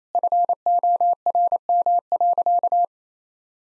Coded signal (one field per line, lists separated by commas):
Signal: Morse code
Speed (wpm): 28 wpm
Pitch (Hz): 700 Hz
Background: none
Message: FORM.